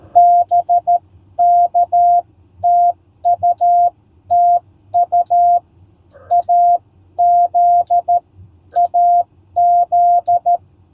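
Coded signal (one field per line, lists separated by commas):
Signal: Morse code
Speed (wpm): 13 wpm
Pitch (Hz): 700 Hz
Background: none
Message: BK TUTU AZ AZ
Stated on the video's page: CW POTA activation from a state park with IC-703+, homebrew EFHW antenna and 3-D printed key, calling CQ.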